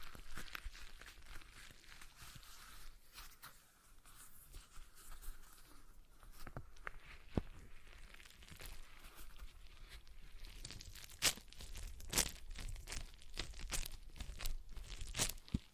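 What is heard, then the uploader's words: A stress ball being squeezed and handled, with soft squishing and crinkly rustles running throughout. The first half is quieter and steadier; after about ten seconds sharper clicks and crackles come more often, with distinct snaps near 11 and 12 seconds. ASMR Relaxing Stress Ball Sounds (No Talking).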